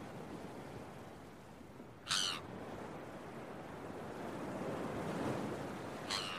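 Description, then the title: Gull giving a single harsh cry, then another at the end, over loud washing waves. Early morning on a beach with waves. "Early Morning Seagulls and Beach Waves"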